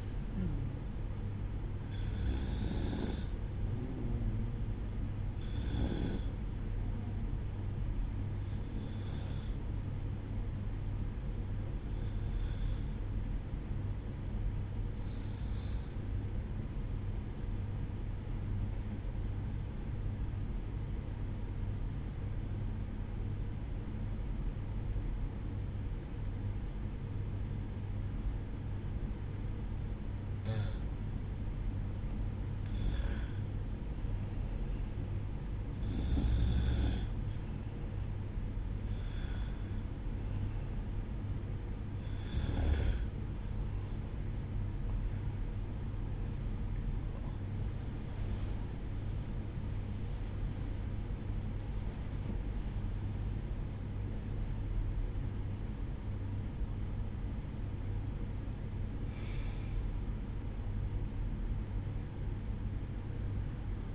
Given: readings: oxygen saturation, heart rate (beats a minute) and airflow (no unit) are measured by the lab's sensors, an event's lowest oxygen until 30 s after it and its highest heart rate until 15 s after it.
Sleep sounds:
breathing in sleep by a smartphone at the bedside; 1
16.00-30.90 s: obstructive apnea (REM, oxygen 95% highest, then 94% lowest, heart rate 62 at the start, 68 highest)
56.00-63.95 s: new sleep stage, N1 (lightest sleep)
From the record:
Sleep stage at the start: REM sleep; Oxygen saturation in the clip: 93 to 96%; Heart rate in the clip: 61 to 73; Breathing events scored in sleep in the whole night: 305 in 9.6 hours asleep

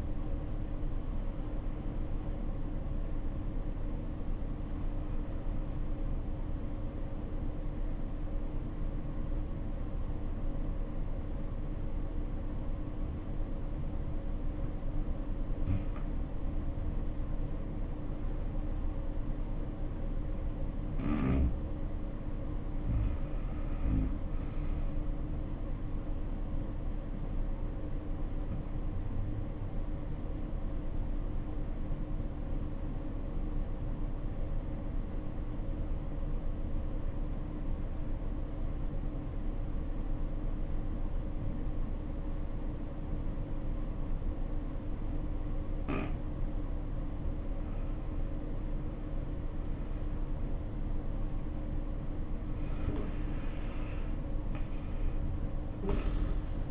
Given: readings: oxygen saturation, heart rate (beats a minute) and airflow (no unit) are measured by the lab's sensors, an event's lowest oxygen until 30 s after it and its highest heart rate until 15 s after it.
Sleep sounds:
breathing in sleep by a smartphone at the bedside; 2
0.00-21.00 s: awake
5.00-18.30 s: hypopnea (scored as awake, oxygen 96% highest, then 90% lowest, heart rate 76 at the start, 76 highest)
16.00-56.71 s: new sleep stage, N2 (light sleep)
35.00-47.90 s: obstructive apnea (N2, oxygen 93% highest, then 79% lowest, heart rate 64 at the start, 76 highest)
From the record:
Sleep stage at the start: awake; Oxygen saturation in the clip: 78 to 96%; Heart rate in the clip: 61 to 82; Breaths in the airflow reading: 10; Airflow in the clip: -8.2 to 7.9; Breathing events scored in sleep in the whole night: 520 in 7.2 hours asleep

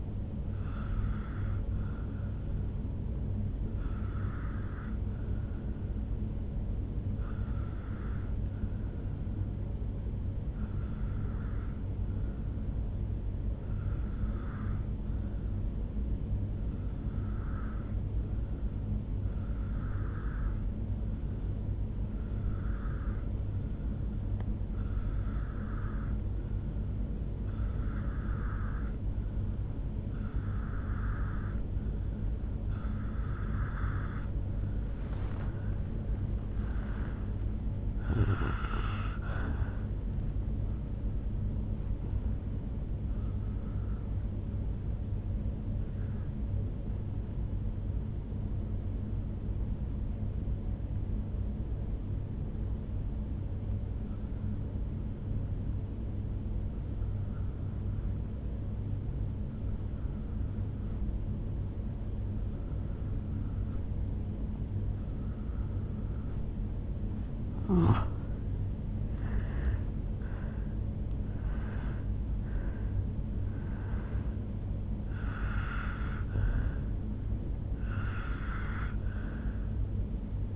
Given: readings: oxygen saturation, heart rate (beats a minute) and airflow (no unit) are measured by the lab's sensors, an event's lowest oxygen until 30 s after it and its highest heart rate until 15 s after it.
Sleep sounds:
breathing in sleep by a smartphone at the bedside; 2
7.00-35.50 s: hypopnea (N1, oxygen 97% highest, then 87% lowest, heart rate 60 at the start, 76 highest)
19.00-80.56 s: new sleep stage, N2 (light sleep)
45.00-68.00 s: hypopnea (N2, oxygen 94% highest, then 86% lowest, heart rate 72 at the start, 79 highest)
From the record:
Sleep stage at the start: N1 (lightest sleep); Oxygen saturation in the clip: 87 to 97%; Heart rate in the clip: 60 to 79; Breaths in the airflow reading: 12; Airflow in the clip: -10.9 to 6.5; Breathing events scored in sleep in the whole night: 449 in 7.0 hours asleep

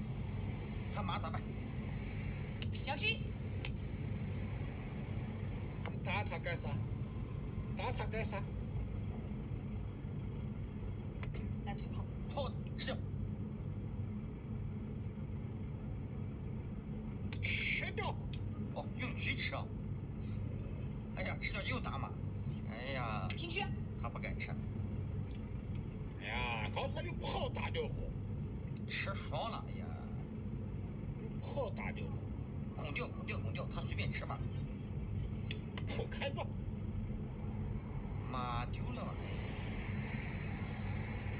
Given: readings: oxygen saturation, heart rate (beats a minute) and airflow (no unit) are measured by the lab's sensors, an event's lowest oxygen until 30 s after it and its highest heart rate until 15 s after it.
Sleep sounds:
a person awake in a sleep study, by a smartphone at the bedside; none
0.00-41.40 s: awake
From the record:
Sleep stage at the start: awake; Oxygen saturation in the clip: 94 to 96%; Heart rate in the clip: 74 to 78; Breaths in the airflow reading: 10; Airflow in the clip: -3.6 to 5.5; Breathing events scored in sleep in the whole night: 131 in 7.2 hours asleep

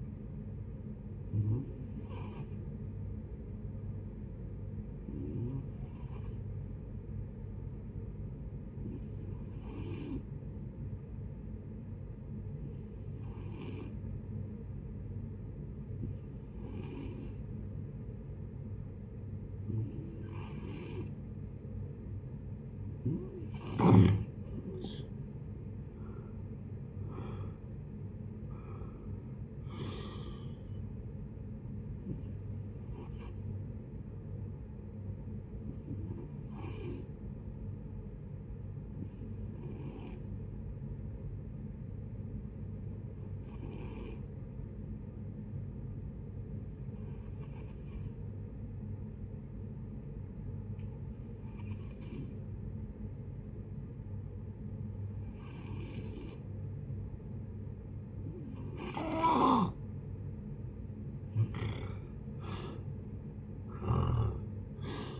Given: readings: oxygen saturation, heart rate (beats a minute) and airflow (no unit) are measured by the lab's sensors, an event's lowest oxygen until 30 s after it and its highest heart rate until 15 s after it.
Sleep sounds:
breathing in sleep by a smartphone at the bedside; 2
3.00-25.20 s: hypopnea (N2, oxygen 94% highest, then 90% lowest, heart rate 68 at the start, 76 highest)
30.00-65.20 s: new sleep stage, N1 (lightest sleep)
35.00-59.80 s: hypopnea (N1, oxygen 95% highest, then 84% lowest)
From the record:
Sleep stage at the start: N2 (light sleep); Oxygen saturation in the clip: 86 to 95%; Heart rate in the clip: 56 to 76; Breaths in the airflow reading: 19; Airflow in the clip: -10.0 to 11.6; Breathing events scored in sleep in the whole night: 496 in 5.4 hours asleep

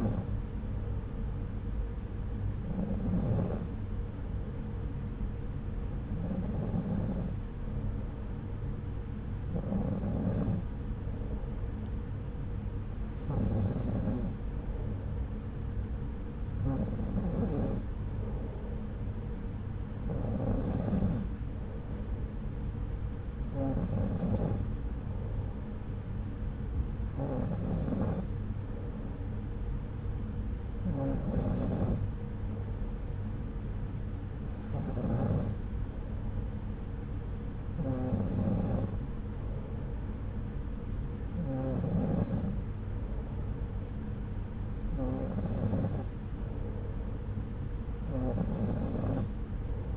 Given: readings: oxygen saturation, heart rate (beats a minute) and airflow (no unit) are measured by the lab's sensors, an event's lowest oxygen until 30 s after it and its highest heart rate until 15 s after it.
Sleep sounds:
breathing in sleep by a smartphone at the bedside; none
20.00-49.96 s: new sleep stage, N2 (light sleep)
From the record:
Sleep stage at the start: N3 (deep sleep); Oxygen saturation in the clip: 93%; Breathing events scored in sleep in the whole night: 303 in 8.1 hours asleep

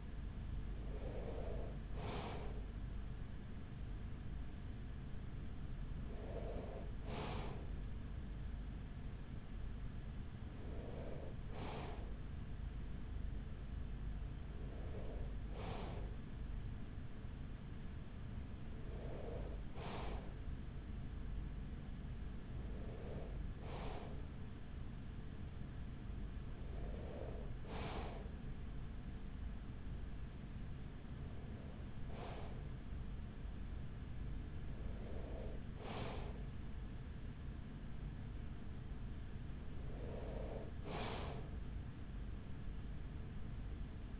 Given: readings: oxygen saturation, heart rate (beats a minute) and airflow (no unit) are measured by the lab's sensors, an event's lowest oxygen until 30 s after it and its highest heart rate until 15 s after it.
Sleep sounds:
breathing in sleep by a smartphone at the bedside; none
none scored
From the record:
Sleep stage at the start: N2 (light sleep); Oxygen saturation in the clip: 94%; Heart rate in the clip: 41 to 45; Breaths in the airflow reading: 10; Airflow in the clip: -7.4 to 6.1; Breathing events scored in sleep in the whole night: 207 in 7.6 hours asleep

